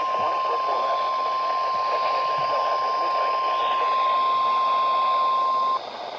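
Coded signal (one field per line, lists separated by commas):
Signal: Emergency Alert System (SAME) tones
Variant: 1050 Hz attention tone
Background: speech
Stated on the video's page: Required Weekly Tests from three NOAA weather radio stations.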